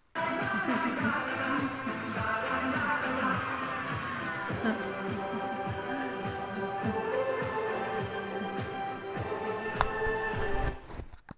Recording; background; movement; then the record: laughter; music; sitting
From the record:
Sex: female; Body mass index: 25.5 kg/m2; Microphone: on the chest, facing outward